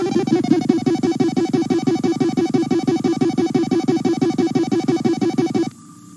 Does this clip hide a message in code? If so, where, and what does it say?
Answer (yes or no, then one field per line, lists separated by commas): no